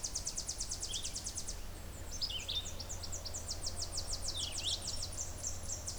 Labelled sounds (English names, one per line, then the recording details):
Red-eyed Vireo song
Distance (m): 20 m
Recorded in boreal forest in Alberta, Canada, on 26 May 2016 at 07:05
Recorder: SongMeter 3, array SBT-3-15
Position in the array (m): 123 m, 90 m